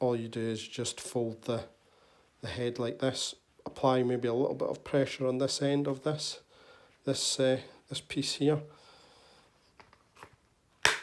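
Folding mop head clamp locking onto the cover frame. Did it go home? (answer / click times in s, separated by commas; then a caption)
yes / 10.9 s. Someone talks while folding a floor-cleaner mop head onto a microfibre cover, with both ends slotted in, and pressing on one end. A few faint taps follow, then the plastic head latch snaps shut with a sharp, loud click at 10.9 s, locking the head onto the cover frame.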